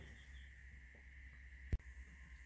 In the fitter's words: for mg2 get our little click and we're all good